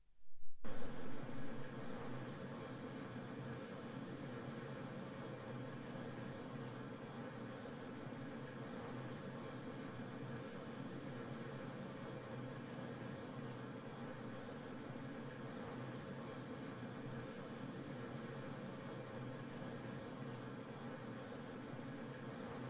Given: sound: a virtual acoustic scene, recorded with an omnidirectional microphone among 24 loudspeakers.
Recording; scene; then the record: noise of the scene; olnoise from 90 degrees (S0N90)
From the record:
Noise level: 65 dB SPL